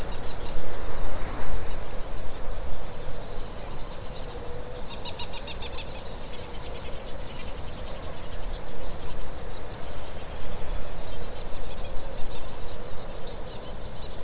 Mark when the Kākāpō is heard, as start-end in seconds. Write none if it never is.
none